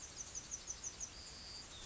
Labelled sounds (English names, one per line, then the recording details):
Yellowhammer song
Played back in grassland
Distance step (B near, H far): F
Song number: 123